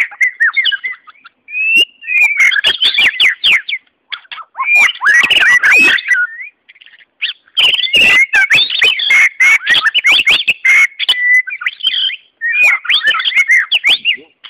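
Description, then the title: White-rumped Shama in continuous song, rapid varied whistles and clicking notes in long bursts split by short pauses. "murai batu"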